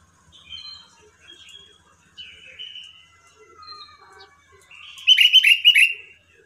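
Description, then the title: Sooty-headed bulbul bursting into a fast, bubbly phrase of rapid notes near the end, after several soft whistles and chirps. "Kutilang"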